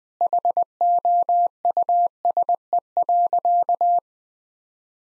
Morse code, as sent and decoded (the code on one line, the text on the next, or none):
.... --- ..- ... . .-.-.-
HOUSE.